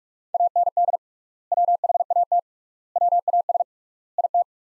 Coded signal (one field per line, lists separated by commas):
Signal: Morse code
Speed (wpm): 47 wpm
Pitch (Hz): 700 Hz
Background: none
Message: AND WHAT WAS IT